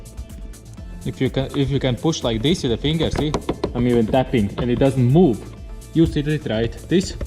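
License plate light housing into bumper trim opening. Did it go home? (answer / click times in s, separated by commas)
no / none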